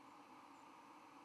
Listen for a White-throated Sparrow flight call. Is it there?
yes